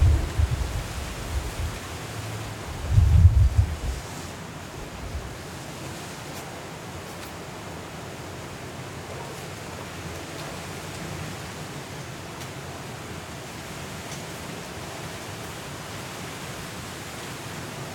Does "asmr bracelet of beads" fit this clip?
no